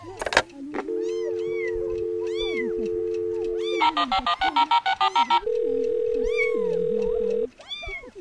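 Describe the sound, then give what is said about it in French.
A telephone rings in a fast, warbling burst of pulses between long steady electronic tones, while a cat meows repeatedly throughout in rising and falling cries. “Le téléphone.”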